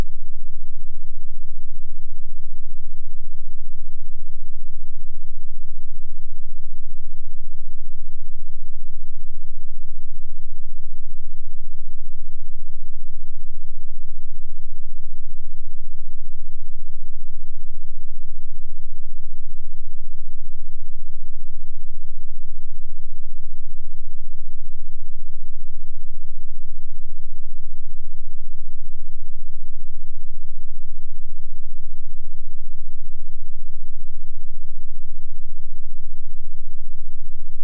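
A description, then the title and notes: A steady, unchanging drone at the Schumann frequency of 7.83Hz, heard as a deep low rumble with nothing above a muffled hum. It holds at the same level for the whole length, with no events, pulses or background sounds. The Schumann Frequency - 7.83Hz.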